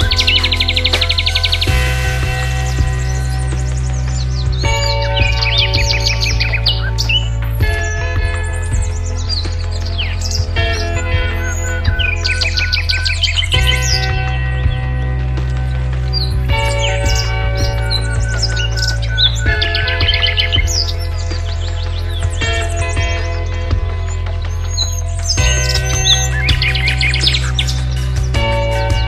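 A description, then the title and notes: Wild birds chirp and tweet in quick, bright bursts over a steady bed of gentle music with a deep, sustained bass. The music shifts chords every few seconds at an even, unhurried pace, and the loudness stays constant throughout. WILD BIRDS NATURAL SOUNDS AND RELAXING MUSIC.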